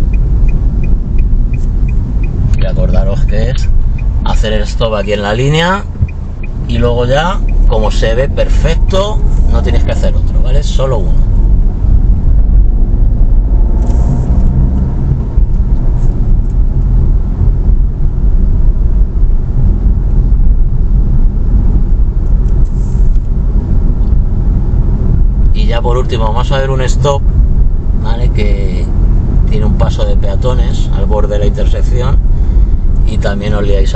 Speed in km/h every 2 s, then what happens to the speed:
22, 5, 0, 10, 21, 22, 33, 32, 34, 33, 34, 33, 34, 34, 34, 33, 33.
0-3 brakes to 0. 3-5 standing. 5-12 pulls away to 33. 12-34 steady at about 33.